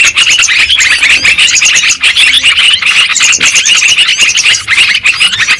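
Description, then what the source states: Lovebirds giving shrill, fast chirping calls in a busy overlapping chorus, steady and loud from start to finish. Lure sound used for trapping birds.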